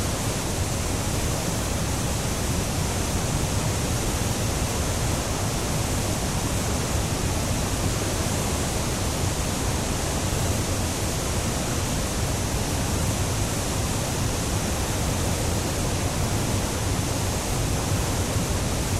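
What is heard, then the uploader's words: A raging waterfall roars without a break, a thick, unchanging wash of rushing water that fills every range from a deep rumble to a bright hiss. The level holds steady across the whole stretch, with no distinct splashes or other sounds standing out. Listen to the raging waterfall in the background.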